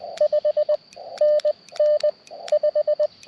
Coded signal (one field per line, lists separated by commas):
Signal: Morse code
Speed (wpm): 20 wpm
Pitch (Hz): 590 Hz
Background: radio noise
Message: 5NN 5